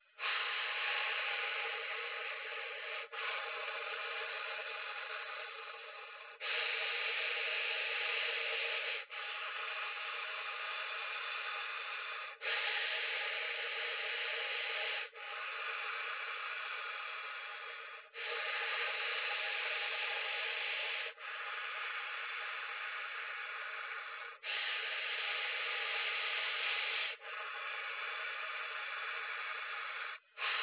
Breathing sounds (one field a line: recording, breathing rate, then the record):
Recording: paced breathing near a phone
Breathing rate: 10 breaths a minute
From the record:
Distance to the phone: 20 cm